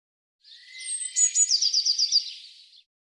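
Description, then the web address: Eurasian blue tit: thin high whistles, then a fast trill of several bright, evenly spaced notes, fading at the end. "Deverinetal"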